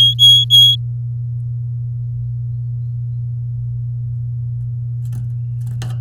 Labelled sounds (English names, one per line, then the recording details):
Domestic Canary song
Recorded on 8 May 2018 at 05:40
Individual llb16